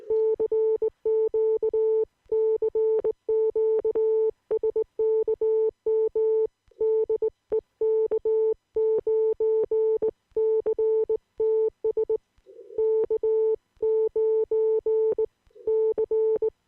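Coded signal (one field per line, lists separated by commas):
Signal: Morse code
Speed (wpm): 19 wpm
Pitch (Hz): 440 Hz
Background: none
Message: CQ CQ SKM DE K9CTS K9C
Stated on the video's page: Amateur CW CQ call from Wisconsin.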